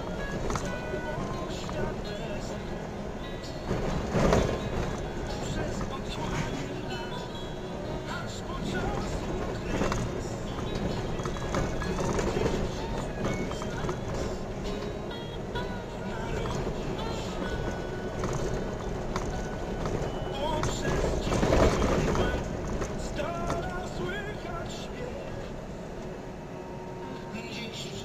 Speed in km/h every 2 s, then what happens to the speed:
33, 32, 30, 31, 31, 32, 33, 34, 35, 35, 34, 33, 27, 21.
0-19 steady at about 32. 19-28 slows to 21.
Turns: none.